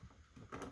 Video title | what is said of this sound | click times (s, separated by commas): RV Leak Repairs: Slide Out and Frig | so it unclipped | 0.5 s, 0.6 s